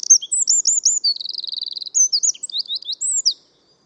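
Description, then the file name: Eurasian wren song: bright, high, rapid notes, a steady rattling trill in the middle, then more quick sweeping notes before it stops abruptly. "Troglodytes troglodytes"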